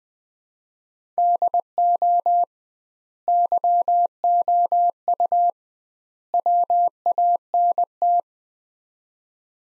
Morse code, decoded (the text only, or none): DO YOU WANT